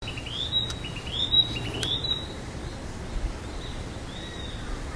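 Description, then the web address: Narcissus flycatcher song: clear whistled phrases rising and leveling around a high pitch in the first two seconds, then fainter repeated notes over steady background hiss. "udragon kibitaki"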